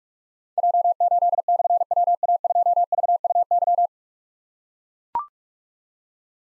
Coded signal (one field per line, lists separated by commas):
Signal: Morse code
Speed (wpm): 44 wpm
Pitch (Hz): 700 Hz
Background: none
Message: J8/WA2VUY